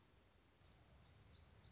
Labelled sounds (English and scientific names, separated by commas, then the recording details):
Black-throated Gray Warbler (Setophaga nigrescens)
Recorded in Sonoma County, California